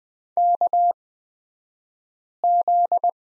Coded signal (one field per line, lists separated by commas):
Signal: Morse code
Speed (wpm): 20 wpm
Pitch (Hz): 700 Hz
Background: none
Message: KZ